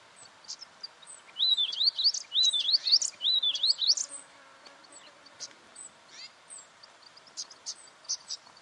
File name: canto do gerigono de bico curto